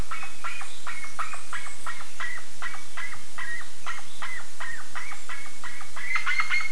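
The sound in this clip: Bird giving brisk repeated call notes in an even stream; near the end a brighter, sharper whistle-like note rises over them.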